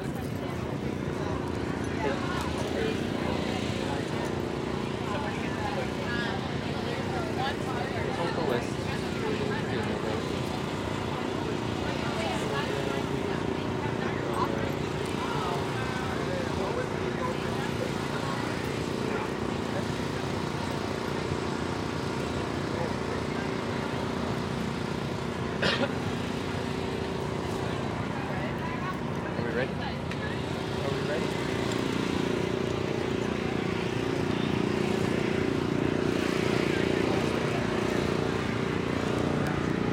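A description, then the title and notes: A steady crowd murmurs at an outdoor farmers market, shoppers chatting over a low background rumble of passing traffic. Saturday morning at the Uptown Farmers Market in Phoenix, Arizona. The sun was out, but not too warm. The breeze slightly blowing, just enough to cool the exposed skin on my arms and legs. You’ll hear lots of people mulling about, shopping and eating.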